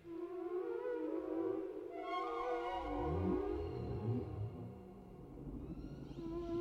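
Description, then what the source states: Whale moans with rich harmonics, followed by a series of short low swooping calls. Whale sounds without music, for sleep.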